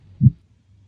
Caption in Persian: ضربان قلب. یکیش انگار محکمتر میزنه و یکیش آرومتر.